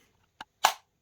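A plastic DJI Mini 3 Pro drone battery, which would not go in one orientation because its connector was on the wrong side, is slid the right way into a slot of the charging hub. A faint tick at 0.4 s comes just before a loud, bright snap at 0.7 s as the battery clicks into place. The battery is seated in the hub, but no LED lights up.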